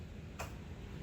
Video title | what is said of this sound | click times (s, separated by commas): That's Sew Wilma - Ep2 - Threading The Beast | you turn the other until it clicks it's | 0.4 s